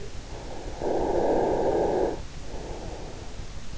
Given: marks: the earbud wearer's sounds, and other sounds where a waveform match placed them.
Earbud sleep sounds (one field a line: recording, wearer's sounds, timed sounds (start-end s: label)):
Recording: sounds in sleep by an in-ear microphone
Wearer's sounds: snoring breath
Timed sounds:
0.40-3.46 s: snoring breath